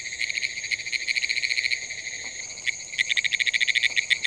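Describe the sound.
Pine woods treefrog giving fast trains of pulsed, rattling notes, pausing briefly halfway before resuming, with a constant thin high whine in the background.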